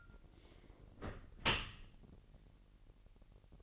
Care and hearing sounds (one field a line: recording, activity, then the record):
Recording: daily activity, microphone in the room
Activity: close dishwasher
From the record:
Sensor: 4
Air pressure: 1001.5 hPa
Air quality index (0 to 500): 248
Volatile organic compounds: 41 ppm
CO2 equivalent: 3164 ppm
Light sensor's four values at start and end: 8/17/7/6 and 8/17/7/6